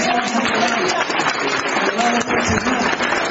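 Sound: audience applause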